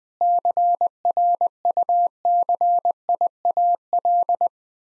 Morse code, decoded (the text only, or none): CRUCIAL